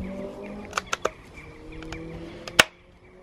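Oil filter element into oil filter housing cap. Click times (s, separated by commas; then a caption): 2.6 s. A new paper oil filter element for a BMW N52 engine is slid down onto the plastic oil filter housing cap and pushed until it clicks into place. A few light, sharp ticks sound at 0.8, 0.9, 1.1 and 2.5 seconds over a low background hum, then a loud, crisp click at 2.6 seconds as the element seats on the cap.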